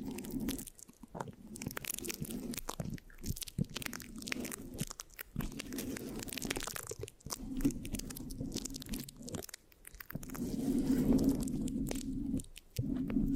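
Scratching and sticky tapping on a microphone, a dense run of crackly, crunchy strokes with a low rumbling body under them. Brief pauses break the texture near 1, 5, 9.5 and 12.5 seconds, and the last few seconds grow louder and steadier.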